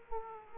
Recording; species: mosquito wingbeat signal from an infrared sensor; Aedes aegypti